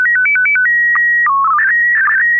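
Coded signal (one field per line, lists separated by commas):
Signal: SSTV (slow-scan television)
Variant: PD 120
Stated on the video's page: SSTV images exchanged on a weekly amateur net via an FM repeater on 441.300 MHz in Sacramento, sent with MMSSTV software.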